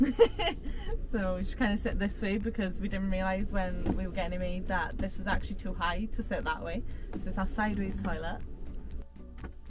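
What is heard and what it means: Someone talks over background music while handling a sideways toilet in a camper van bathroom, which slides into a locking base and locks in place with a small button so it does not move while driving. A few faint soft ticks come near the end, but nothing has seated or locked yet when the clip ends.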